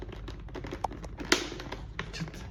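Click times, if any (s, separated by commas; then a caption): 1.3 s. While installing an A60 intercom in an LS2 motorcycle helmet, the plastic snap of the interior cheek pad is pressed back into the helmet shell. Light handling taps and rustles lead up to a sharp, bright click at 1.3 s, followed by a few more faint taps. The click means the cheek pad has snapped into place and is seated.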